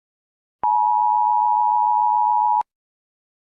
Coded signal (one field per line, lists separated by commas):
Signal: Emergency Alert System (SAME) tones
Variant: 853 and 960 Hz attention tone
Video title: RABID THE MOVIE - A EAS Scenario Movie